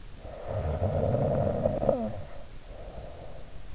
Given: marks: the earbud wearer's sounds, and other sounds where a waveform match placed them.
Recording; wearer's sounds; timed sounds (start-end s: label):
sounds in sleep by an in-ear microphone; snoring breath
0.18-3.61 s: snoring breath